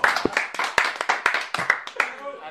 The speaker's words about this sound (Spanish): aplauso.